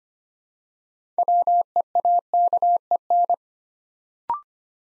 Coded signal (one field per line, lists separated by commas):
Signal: Morse code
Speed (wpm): 25 wpm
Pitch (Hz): 700 Hz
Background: none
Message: WEAKEN